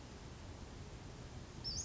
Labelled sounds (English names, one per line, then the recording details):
Western Flycatcher
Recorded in Sonoma County, California